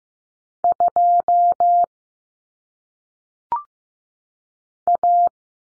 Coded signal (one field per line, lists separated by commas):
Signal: Morse code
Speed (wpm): 15 wpm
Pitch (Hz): 700 Hz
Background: none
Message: 2 A